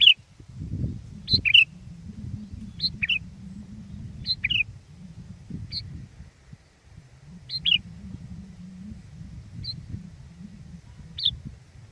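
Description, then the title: Sooty-headed bulbul giving brief chirpy notes every second or two, with a low continuous hum underneath. "kutilang"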